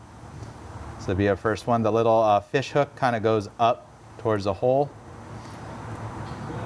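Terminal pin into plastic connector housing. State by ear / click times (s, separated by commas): not seated / none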